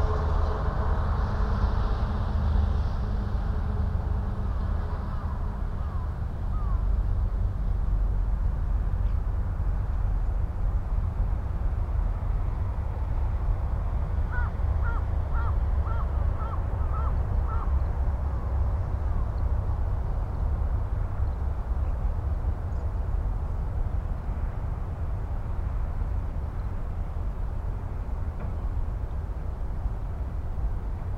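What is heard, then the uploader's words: A deep, steady rumble of rushing water from a nearby dam fills the recording, with traffic noise blended in underneath. Around the middle, a crow gives a quick run of about six caws, and a few faint higher calls drift in early on. Field recording in a large park along Yasugawa in Shiga Prefecture, Japan. We can hear the rumble of a nearby dam, traffic, crows, kids playing in the distance.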